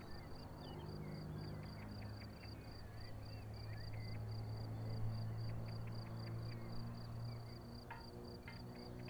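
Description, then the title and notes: Crickets chirp in a fast, regular high pulse train while a low engine drone hums throughout. Crickets chirping at Vogtsburg im Kaiserstuhl, Germany, with a view over the wide plain; engine noise from a small aircraft is heard. "Unnamed Road, 79235 Vogtsburg im Kaiserstuhl, Deutschland - Grillen zirpen. Zirpen der Grillen. Motorenlärm eines Kleinflugzeugs"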